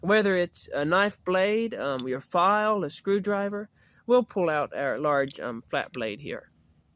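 A man talks while pulling the large flat blade out of a steel Leatherman Super Tool multitool, toward the spring lock notch in its handle. Only his speech is heard. The blade has not yet snapped into its notch or locked, and nothing has seated or clicked yet.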